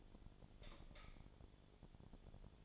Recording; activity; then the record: daily activity, microphone in the room; light off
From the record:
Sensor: 5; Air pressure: 1009.9 hPa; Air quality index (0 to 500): 160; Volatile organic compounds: 4 ppm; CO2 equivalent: 1560 ppm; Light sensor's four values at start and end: 188/476/197/212 and 187/474/196/211